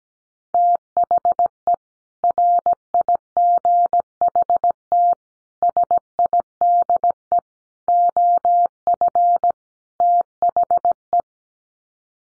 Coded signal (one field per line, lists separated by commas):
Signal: Morse code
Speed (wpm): 17 wpm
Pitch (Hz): 700 Hz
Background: none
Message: THE RIGHT SIDE OF THE